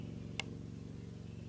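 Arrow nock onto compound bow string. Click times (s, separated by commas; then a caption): 0.4 s. A plastic arrow nock is snapped onto the string of a compound bow, just below the nocking point bead. A single short, sharp click at 0.4 s stands out over a steady low background hum as the nock seats on the string.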